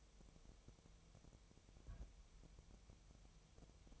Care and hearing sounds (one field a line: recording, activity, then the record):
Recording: daily activity, microphone in the room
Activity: place on stove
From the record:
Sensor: 1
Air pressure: 999.4 hPa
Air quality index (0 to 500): 197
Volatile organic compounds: 39 ppm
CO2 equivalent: 3131 ppm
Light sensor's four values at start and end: 9/22/8/9 and 9/22/8/9